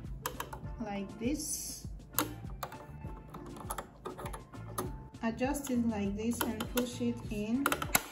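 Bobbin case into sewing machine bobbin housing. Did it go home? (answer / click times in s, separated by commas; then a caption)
yes / 7.9 s. A loaded bobbin case is lined up and pushed into the bobbin housing of a Butterfly JH8190S sewing machine while someone talks over background music, with light handling taps and clicks along the way. It seats with a sharp click at 8.0 s.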